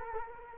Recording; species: mosquito wingbeat signal from an infrared sensor; Culex quinquefasciatus